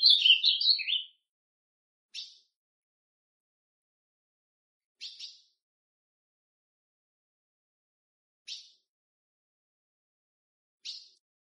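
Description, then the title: Ultramarine grosbeak: a short burst of warbled song at the start, then four sharp isolated call notes spaced a few seconds apart. Classic song style (canto clássico) of the Ultramarine grosbeak. "Azulão Canto Clássico Original"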